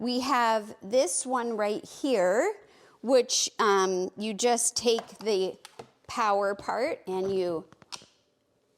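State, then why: Seated. Someone talks while pushing the power/motor unit of an immersion blender onto the lid of its chopper bowl attachment. A short, sharp click at 7.9 seconds marks the motor unit seating into place on the chopper container.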